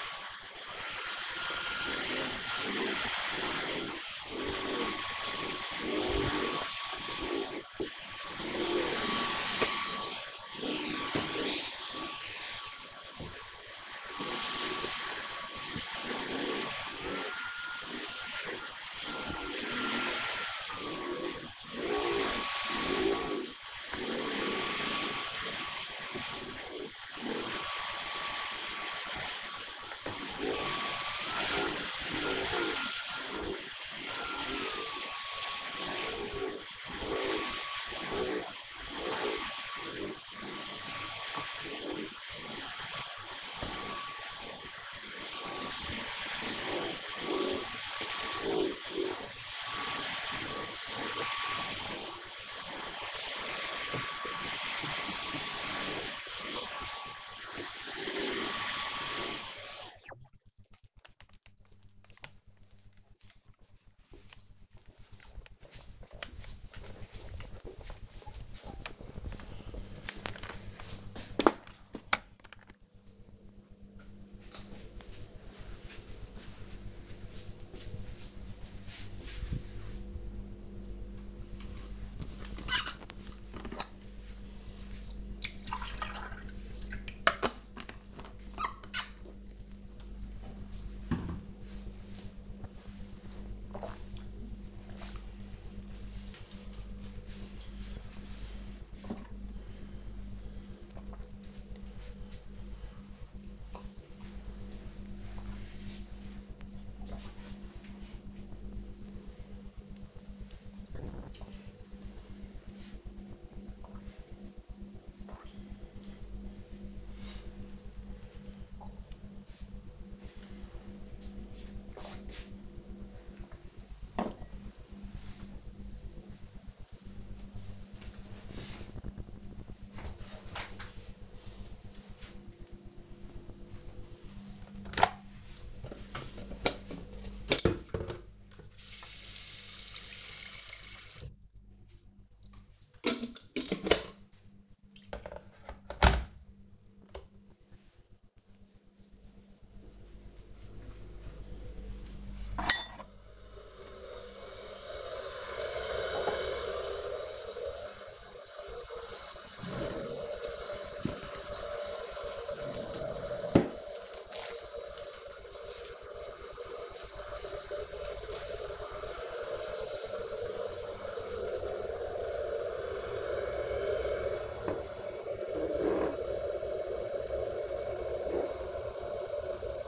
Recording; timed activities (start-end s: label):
household activities, microphone on the right wrist
0.00-60.28 s: vacuum cleaning
80.40-124.76 s: drinking
132.80-179.88 s: making tea